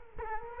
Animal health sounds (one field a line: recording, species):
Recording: mosquito wingbeat signal from an infrared sensor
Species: Culex quinquefasciatus